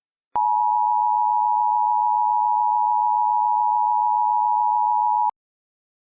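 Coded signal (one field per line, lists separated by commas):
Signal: Emergency Alert System (SAME) tones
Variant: 853 and 960 Hz attention tone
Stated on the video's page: Fictional EAS scenario.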